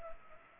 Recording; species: mosquito wingbeat signal from an infrared sensor; Culex pipiens